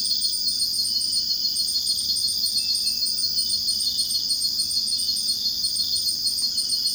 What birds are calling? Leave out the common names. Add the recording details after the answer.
none. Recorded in dense forest near Puerto Asís, Putumayo, Colombia, on 21 February 2024 at 05:00. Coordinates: 0.481, -76.318. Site G6421